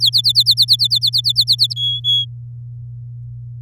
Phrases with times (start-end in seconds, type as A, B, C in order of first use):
0.00-1.73 A, 1.76-2.25 B